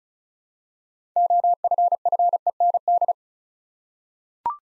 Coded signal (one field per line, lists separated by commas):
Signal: Morse code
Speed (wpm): 36 wpm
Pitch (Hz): 700 Hz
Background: none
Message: OFFEND